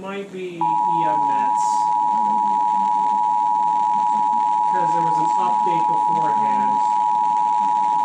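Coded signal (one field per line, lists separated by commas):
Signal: Emergency Alert System (SAME) tones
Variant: 853 and 960 Hz attention tone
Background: speech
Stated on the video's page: Severe weather alert tones.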